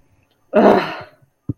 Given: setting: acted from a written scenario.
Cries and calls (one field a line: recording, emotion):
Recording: vocal sound without words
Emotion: anger